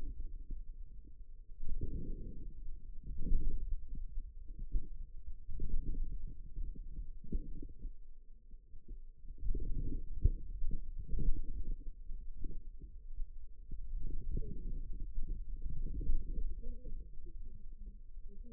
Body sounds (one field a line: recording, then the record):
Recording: forearm muscle sounds (acoustic myography)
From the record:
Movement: outward rotation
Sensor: system 2, bracelet of six BSWA MPA416 microphones around the upper forearm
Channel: 4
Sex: female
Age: 21 years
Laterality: right